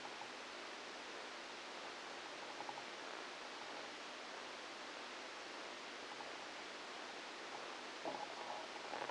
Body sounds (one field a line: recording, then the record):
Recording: brain microelectrode recording played as sound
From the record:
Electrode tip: outside the subthalamic nucleus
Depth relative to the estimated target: 3 mm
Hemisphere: left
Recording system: NeuroSet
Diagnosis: Parkinson's disease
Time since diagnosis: 9 years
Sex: female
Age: 51 years